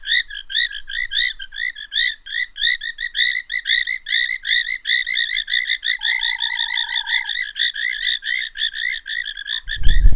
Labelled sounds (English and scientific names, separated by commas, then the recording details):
African Gray Treefrog (Chiromantis xerampelina) call
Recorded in the wild
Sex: male
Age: adult
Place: Hoedspruit, Marepe Lodge, ZA
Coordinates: -24.45, 30.84
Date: 1996-01-10 22:56
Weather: 24°C
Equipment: Sony TCD-D3, Sennheiser ME 80, K 30 AV
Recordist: Gutsche, Alexander